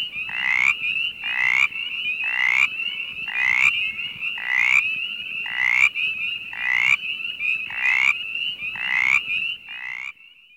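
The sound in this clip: Mountain chorus frog calling with short, raspy, slightly rising trills repeated about once a second, roughly ten calls, over a steady high-pitched background drone.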